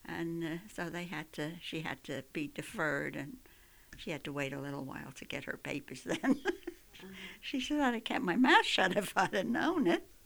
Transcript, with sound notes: And, uh, so they had to, she had to be deferred, and she had to wait a little while to get her papers then. ( she laughs ) She said, "I would have kept my mouth shut if I had known it."